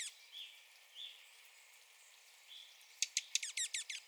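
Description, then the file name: Evening grosbeak calls, a few soft slurred notes, then a rapid burst of sharp high chips near the end from a bird. Recorded 9 April 2021. "2021-04-09 Evening Grosbeak"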